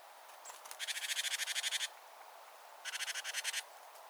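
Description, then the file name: Great tit scolding churrs: two harsh, rapid rattles of evenly repeated buzzy notes, the first about a second long, the second shorter, over a light hiss. "Parus major"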